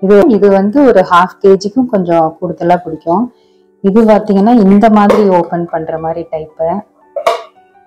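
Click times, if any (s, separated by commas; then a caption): 7.2 s, 7.3 s. A woman talks about a plastic food storage container that holds a little over half a kilogram. She then closes its locking lid by snapping the latch flaps down, and two sharp snaps are heard at 7.2 s and 7.3 s. The lid seats with a good lock sound and seals air-tight.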